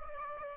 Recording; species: mosquito wingbeat signal from an infrared sensor; Aedes aegypti